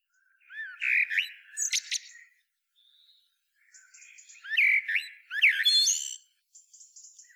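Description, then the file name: Eurasian blackbird song: two phrases, each opening with low fluted warbling notes and ending in a high squeaky twitter, separated by a pause of about a second. "Turdus merula"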